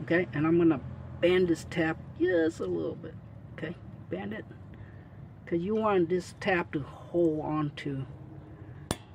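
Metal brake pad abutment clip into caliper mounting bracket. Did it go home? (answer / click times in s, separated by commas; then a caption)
yes / 8.9 s. Someone talks while the bent tab of a metal brake pad abutment clip from a 2004 Honda Odyssey front brake is pushed into the caliper mounting bracket. A sharp metallic click at 8.9 s marks the clip snapping in, and it stays seated in place.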